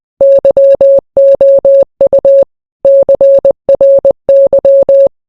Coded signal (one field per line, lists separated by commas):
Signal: Morse code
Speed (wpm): 20 wpm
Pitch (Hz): 550 Hz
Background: none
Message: YOU CRY